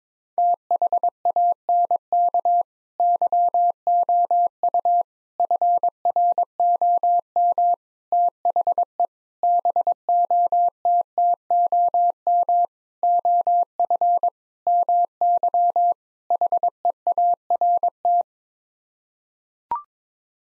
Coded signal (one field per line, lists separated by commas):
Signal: Morse code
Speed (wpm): 22 wpm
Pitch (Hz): 700 Hz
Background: none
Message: THANK YOU FROM THE BOTTOM OF MY HEART